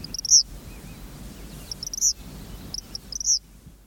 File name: easternkingbird